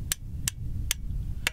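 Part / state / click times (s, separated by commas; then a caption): tripod leg into its hinge angle-lock detent / seated / 0.1 s, 0.5 s, 0.9 s, 1.5 s. A leg of a medium-model Outdoorsmans tripod is swung out through its hinge angle-lock detent to different angle stops, for setting up on uneven ground. Four sharp clicks ring out at 0.1, 0.5, 0.9 and 1.5 seconds over a low background rumble, each one the leg locking in at a new angle. The leg is seated in its detent.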